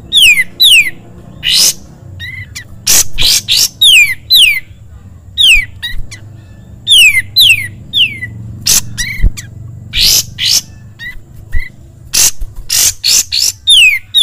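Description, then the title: Sooty-headed bulbul song of repeated sharp downslurred whistles and short chirps in quick pairs, scattered with harsh bursts throughout. Song used for training songbirds (masteran). "Masteran Kapas Tembak Mewah"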